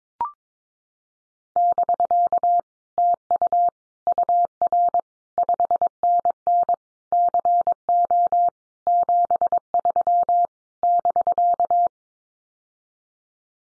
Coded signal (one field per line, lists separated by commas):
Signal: Morse code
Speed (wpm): 22 wpm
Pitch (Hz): 700 Hz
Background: none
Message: <BK> TU UR 5NN CO 73 <BK>